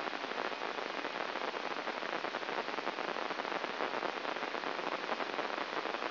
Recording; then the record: brain microelectrode recording played as sound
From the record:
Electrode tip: inside the subthalamic nucleus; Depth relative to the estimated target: 2 mm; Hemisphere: left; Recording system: AlphaMap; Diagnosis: Parkinson's disease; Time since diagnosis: 12 years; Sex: male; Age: 57 years